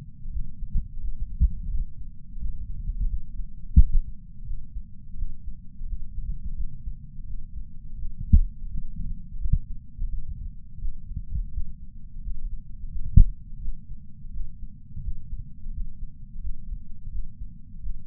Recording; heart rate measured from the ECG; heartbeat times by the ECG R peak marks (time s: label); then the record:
heart sounds by patch sensor on the chest; 86 bpm
0.30 s: heartbeat
0.99 s: heartbeat
1.69 s: heartbeat
2.38 s: heartbeat
3.07 s: heartbeat
3.76 s: heartbeat
4.44 s: heartbeat
5.16 s: heartbeat
5.86 s: heartbeat
6.55 s: heartbeat
7.25 s: heartbeat
7.96 s: heartbeat
8.68 s: heartbeat
9.38 s: heartbeat
10.09 s: heartbeat
10.79 s: heartbeat
11.51 s: heartbeat
12.21 s: heartbeat
12.90 s: heartbeat
13.59 s: heartbeat
14.31 s: heartbeat
15.01 s: heartbeat
15.71 s: heartbeat
16.40 s: heartbeat
17.10 s: heartbeat
17.80 s: heartbeat
From the record:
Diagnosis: coronary artery disease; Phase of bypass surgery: postoperative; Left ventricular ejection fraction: 48.9%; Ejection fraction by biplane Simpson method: 50.6%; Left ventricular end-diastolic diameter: 48 mm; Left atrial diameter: 31 mm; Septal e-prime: 7.6 cm/s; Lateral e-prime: 9.6 cm/s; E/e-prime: 6.6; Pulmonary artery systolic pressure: 23 mmHg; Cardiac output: 5.5 L/min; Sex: male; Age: 60 years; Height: 174 cm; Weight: 72 kg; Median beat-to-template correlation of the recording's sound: 0.83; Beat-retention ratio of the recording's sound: 0.99